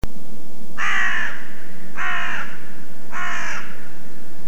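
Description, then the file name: Carrion crow cawing: three harsh, hoarse caws, each about half a second long, spaced roughly a second apart, over a low steady hum. "Corvus corone"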